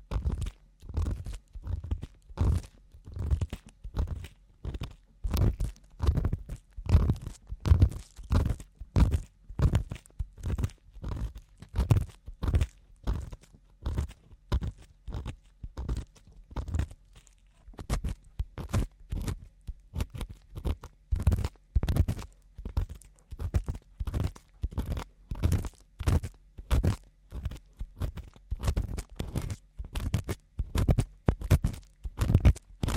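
Ear cleaning sounds: a quick, steady run of sharp crunchy scratches and crackles, roughly two or three per second, for the whole stretch. Each burst is crisp and bright over a soft low thump, with no talking.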